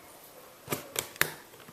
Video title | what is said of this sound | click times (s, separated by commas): ASUS Transformer keyboard unboxing by a low tech guy | Put it right in. Kind of just snaps into place. | 1.2 s